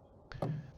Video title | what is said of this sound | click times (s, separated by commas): Fisker OCEAN lettering mod - now with Emblem addon! | and then just pull the whole thing out once you hear it pop | 0.3 s, 0.4 s